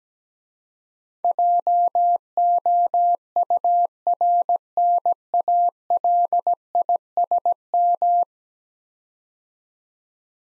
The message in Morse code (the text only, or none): JOURNALISM